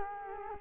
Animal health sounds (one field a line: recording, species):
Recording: mosquito wingbeat signal from an infrared sensor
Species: Culex quinquefasciatus